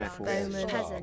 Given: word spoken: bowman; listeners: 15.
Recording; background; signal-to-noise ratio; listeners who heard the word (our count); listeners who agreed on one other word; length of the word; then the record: one English word in noise, from a listening test; four-talker babble; -0.8 dB; 3 of 15; 6 of 15; 0.63 s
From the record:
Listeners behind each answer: 6, 3, 3, 1, 1, 1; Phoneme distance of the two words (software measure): 44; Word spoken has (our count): 2 syllables, 5 phonemes, stress on syllable 1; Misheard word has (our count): 2 syllables, 5 phonemes, stress on syllable 1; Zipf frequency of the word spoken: 2.93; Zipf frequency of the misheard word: 3.43